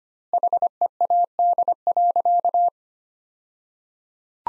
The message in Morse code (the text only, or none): HEAD.